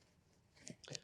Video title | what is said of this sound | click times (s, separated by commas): LUGGAGE THAT STACKS - Sonik Storz Luggage | click into place there and there | 0.7 s, 0.9 s